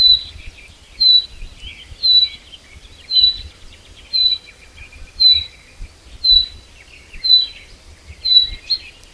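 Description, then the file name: Common chaffinch calling steadily: short, clear, high notes evenly spaced about once a second. "Fringilla coelebs"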